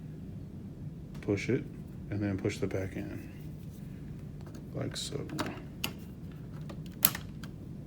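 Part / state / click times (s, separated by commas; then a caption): ink cartridge into printer carriage / seated / 5.8 s. A yellow Epson 410 ink cartridge is tipped down at the front, its back pushed in, and then pressed down into the printer's carriage while someone talks. It snaps home with a sharp click at 5.8 s, and the cartridge is seated.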